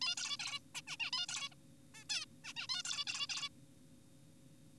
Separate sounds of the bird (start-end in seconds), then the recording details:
0.02-0.15, 0.17-0.37, 0.40-0.59, 0.75-0.82, 0.87-0.97, 1.00-1.11, 1.13-1.26, 1.29-1.49, 1.52-1.54, 1.95-2.04, 2.10-2.25, 2.44-2.53, 2.56-2.67, 2.69-2.83, 2.85-3.05, 3.07-3.27, 3.29-3.49. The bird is an adult. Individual g4p5U